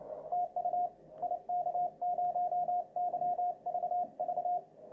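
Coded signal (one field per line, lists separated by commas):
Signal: Morse code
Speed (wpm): 28 wpm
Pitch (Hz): 710 Hz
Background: radio noise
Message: TU IK0YVV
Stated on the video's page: Morse sent from a computer keyboard through an MFJ-464 keyer, which also reads received code.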